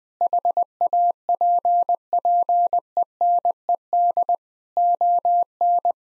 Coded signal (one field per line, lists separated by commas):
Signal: Morse code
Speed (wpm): 20 wpm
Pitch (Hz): 700 Hz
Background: none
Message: HAPPENED ON